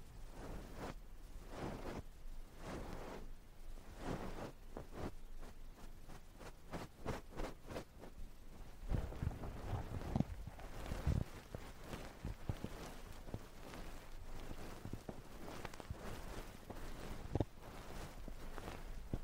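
Ear cleaning and ear massage: a dense stream of scratchy rubbing and crackling taps that goes on throughout. Quick bursts of scraping and brushing come at an uneven pace, with deeper muffled thumps and rumbles around the tenth and eleventh seconds.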